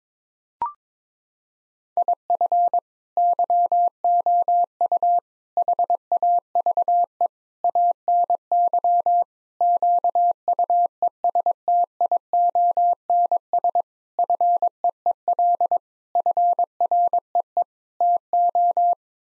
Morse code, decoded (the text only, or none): IF YOU HAVE ANY QUESTIONS FEEL FREE TO